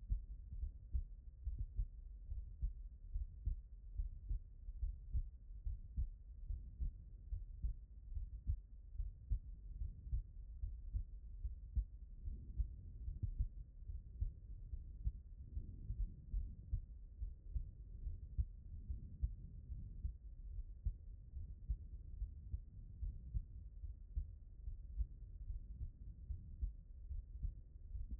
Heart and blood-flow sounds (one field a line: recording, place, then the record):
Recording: heart sounds by stethoscope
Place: pulmonary valve (PV)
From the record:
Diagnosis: non-HFrEF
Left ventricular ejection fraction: 58%